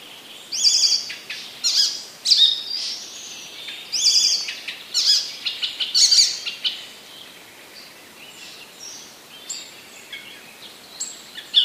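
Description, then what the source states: Icterine warbler song in bursts of loud scratchy and whistled notes separated by brief gaps, followed by softer notes. Recorded in 2015.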